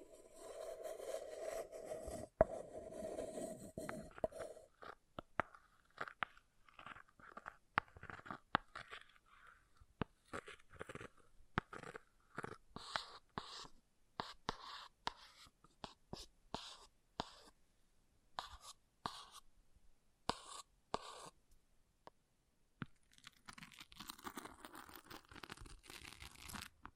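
An object is scratched, opening with about five seconds of steady, grinding scraping. After that come short, dry crunchy strokes in irregular bursts, some sharp and bright, with brief gaps between them, before a rougher continuous scrape returns in the last few seconds.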